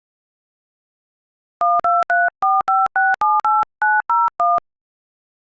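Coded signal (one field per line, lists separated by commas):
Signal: DTMF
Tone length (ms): 210 ms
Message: 12345678901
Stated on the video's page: Fictional EAS tones in an animated film, stated to be valid tones.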